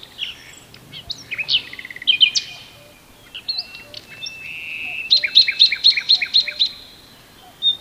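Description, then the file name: Common nightingale song: mixed whistled notes and chirps, then a steady run of sharp repeated notes about four per second. "Luscinia megarhynchos"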